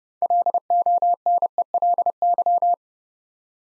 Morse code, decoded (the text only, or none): LONELY